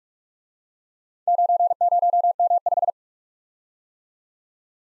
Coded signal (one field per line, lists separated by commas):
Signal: Morse code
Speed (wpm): 50 wpm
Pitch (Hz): 700 Hz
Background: none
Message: 90M5